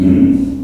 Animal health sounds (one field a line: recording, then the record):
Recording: squeal of a Yucatan mini pig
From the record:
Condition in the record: after surgery on the right vocal fold (resection and tissue-engineered implant)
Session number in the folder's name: 5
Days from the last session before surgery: 33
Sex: female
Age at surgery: 19 weeks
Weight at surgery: 25 kg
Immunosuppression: prednisolone